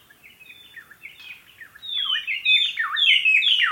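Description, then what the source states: White-browed robin-chat song: quiet whistled notes at first, then a loud crescendo of sweeping, looping phrases that rise and fall rapidly, growing more intense toward the end. Okavango Panhandle, 14 August 2015, 6:36 AM; ever-changing song seeming to come from everywhere at once; recorded from a tent with mic outside, Sound Devices 702 recorder, Sennheiser 418 stereo shotgun microphone.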